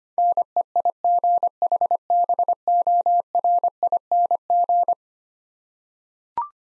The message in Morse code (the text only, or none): NEIGHBORING